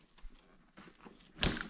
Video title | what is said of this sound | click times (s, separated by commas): MOSQUITO NRG - LANDING GEAR BUNGEE CORD MELTING - FIX #mosquitoNRG #hanggliding #FLPHG #ultralight | and locked into place. | 1.4 s